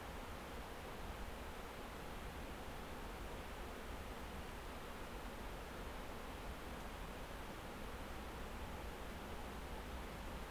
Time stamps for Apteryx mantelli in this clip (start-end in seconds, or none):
none